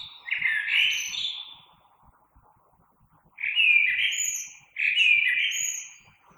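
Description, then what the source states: Common blackbird song with three mellow fluted phrases: one at the start, then two close together after a pause, each topped by faint thin high notes. Recorded 3 March 2020.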